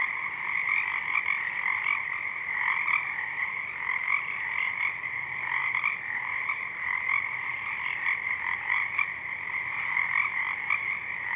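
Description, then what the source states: Pacific chorus frogs calling together, a loud continuous mass of rattling croaks with slight surges as individual frogs stand out. Many frogs in full chorus at dusk; downmixed to stereo from a double mid-side recording.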